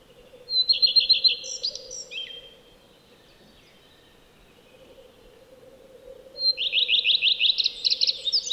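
Common redstart song heard twice: first a sharp introductory whistle leading into rapid repeated notes and a jumbled twittering finish, then, after several seconds of quiet hum, a second run of rapid repeated notes that is still going at the end.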